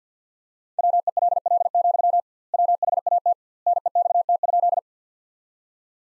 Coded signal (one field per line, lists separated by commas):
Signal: Morse code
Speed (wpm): 50 wpm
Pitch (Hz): 700 Hz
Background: none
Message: WELL, WHAT NEXT?